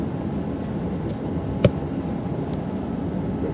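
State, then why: Seated. A replacement Classic Instruments gauge is pushed into its opening in a classic Ford Mustang's dash instrument cluster housing against a steady low background rumble. A single sharp click at 1.7 s marks the gauge popping into place and seating.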